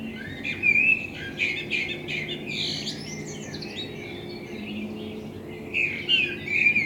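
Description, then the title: Common blackbird singing fluty, warbling phrases at the start and end, with a quieter pause between them and a low steady hum underneath. Binaural dummy-head recording made with a self-built dummy head, in front of the recordist's window, meant for listening on headphones. "Kunstkopfaufnahme der Amsel vor meinem Fenster"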